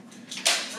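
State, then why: Seated. The frame lock of a mid-size stroller, unfolded with its back and belly bar raised, is pushed home into its locked position. A faint lead-in sound at 0.3 s is followed by a sharp, bright click at 0.5 s that decays over the rest of the clip. The frame lock is seated and locked into place.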